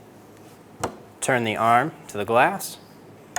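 Someone talks while handling the plastic cap over the rear wiper arm pivot on a 2014-2019 Toyota Highlander, after turning the arm back to the glass. Brief sharp sounds occur at about 0.8 s and 3.4 s. Nothing has seated or clicked yet; the cap is not yet closed.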